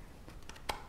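A plastic grater blade is slid into the second side of a vegetable cutter's plastic drum until it locks in place. Faint scraping and small taps lead up to a sharp, bright snap at 0.7 s as the blade seats, and the blade is then attached.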